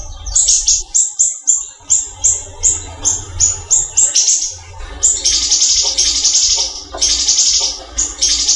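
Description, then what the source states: Greater green leafbird song: rapid high whistled notes that give way to longer harsh, buzzy phrases, with low rumbling noise. Local name Cucak Ijo, variety called daun kecil.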